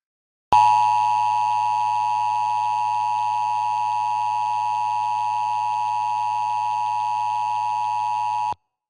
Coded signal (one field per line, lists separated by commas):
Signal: Emergency Alert System (SAME) tones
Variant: 853 and 960 Hz attention tone